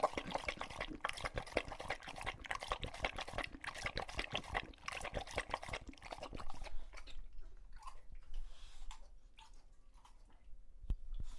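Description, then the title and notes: English Bulldog slurping water steadily for about seven seconds, then quieter, with a few faint scattered sounds. Male English Bulldog named Lucho drinking from a water bowl after a long walk, breathing heavily between drinks because he is out of breath. "English Bulldog Drinks from Water Bowl - Weird Sounds. listen to Lucho the English Bulldog as he tries to drink water after a long walk. Don't let his heavy breathing fool you in between drinks, he's equally out of breath from the walk"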